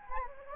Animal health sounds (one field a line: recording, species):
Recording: mosquito wingbeat signal from an infrared sensor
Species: Anopheles gambiae